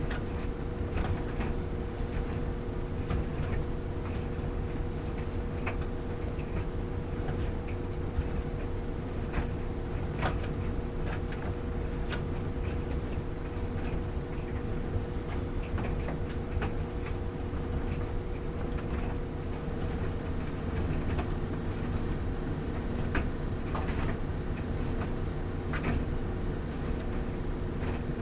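A washing machine runs with a steady, heavy low rumble that stays level throughout. Sharper knocks and clicks break through every second or two, uneven in spacing, over the constant churning drone, dominated by deep tones.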